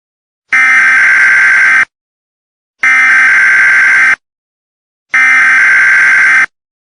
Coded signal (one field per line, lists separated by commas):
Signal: Emergency Alert System (SAME) tones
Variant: header bursts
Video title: EAS SCENARIO: ornithophobia